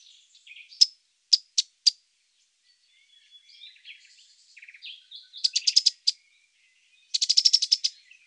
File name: bouscarle de cetti